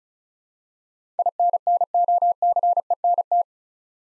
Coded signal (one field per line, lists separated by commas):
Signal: Morse code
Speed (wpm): 36 wpm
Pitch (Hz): 700 Hz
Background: none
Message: INNOCENT